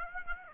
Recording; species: mosquito wingbeat signal from an infrared sensor; Aedes aegypti